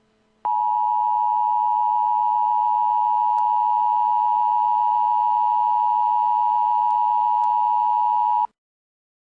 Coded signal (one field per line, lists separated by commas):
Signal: Emergency Alert System (SAME) tones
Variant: 853 and 960 Hz attention tone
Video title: EAS in Movies: "Die Hard"